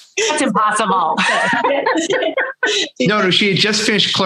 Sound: laughter